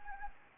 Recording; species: mosquito wingbeat signal from an infrared sensor; Anopheles gambiae